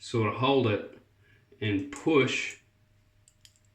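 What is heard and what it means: Someone talks while holding an adjustable safety razor and starting to push a thin steel double-edge blade into the razor head, where it should snap over the locating pieces with a click. Two faint ticks are heard near the end, but the blade has not seated or clicked into place yet.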